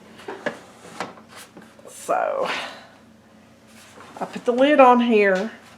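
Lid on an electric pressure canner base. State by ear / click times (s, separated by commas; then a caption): not seated / none. A lid is handled and placed onto the base of an electric pressure canner, with short knocks around 0.5 s and 1.0 s while someone talks. Nothing has seated or clicked yet, and the lid has not yet been twisted into its locked position.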